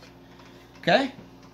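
A tool accessory is handled as it goes back into its onboard storage clip on the saw, while someone talks briefly. Only faint low background sound is heard apart from the voice. Nothing has seated or clicked yet.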